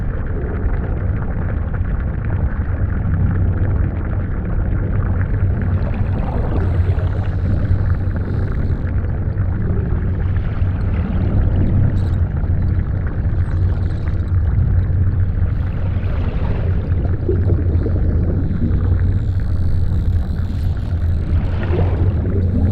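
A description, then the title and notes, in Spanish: A water soundscape built from a steady, dense low rumble that holds at an even level for the whole stretch. Over it, brighter swishing and bubbling sounds rise and fall every few seconds, with a few thin, higher tones drifting in near the end. El Mar. Escuchen este paisaje sonoro realizado con sonidos acuáticos.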